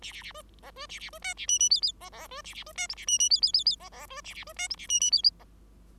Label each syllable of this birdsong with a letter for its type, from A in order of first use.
A A A B C B A A B D A E E F F C C B A A B D G A E E F F F F C C B A A B D G A E E F